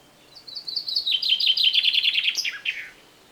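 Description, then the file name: Common chaffinch song, a quick accelerating series of bright notes that drops in pitch and finishes with a sharp terminal flourish. "Fringilla coelebs"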